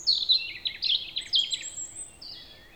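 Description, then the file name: European robin pouring out one continuous rapid phrase of high, liquid trills and downslurred whistles, tailing into a softer thin note. "Erithacus rubecula"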